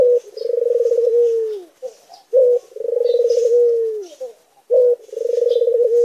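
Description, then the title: Barbary dove coo: long vibrating purred notes that fall away at the end, each introduced by a short sharp note, with soft twittering faintly in the background. White Barbary dove; masteran recording, used to train songbirds. "Masteran Burung Puter Putih"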